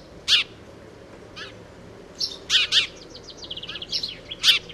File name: Wróbel